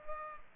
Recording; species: mosquito wingbeat signal from an infrared sensor; Culex pipiens